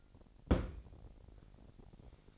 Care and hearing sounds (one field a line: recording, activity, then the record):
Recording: daily activity, microphone in the room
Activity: place on stove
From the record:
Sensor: 5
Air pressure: 1012.1 hPa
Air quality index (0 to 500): 236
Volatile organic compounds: 4 ppm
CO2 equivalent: 1568 ppm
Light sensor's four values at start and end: 48/107/46/50 and 47/107/46/50